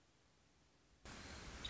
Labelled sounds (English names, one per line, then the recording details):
Nuttall's Woodpecker
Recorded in Sonoma County, California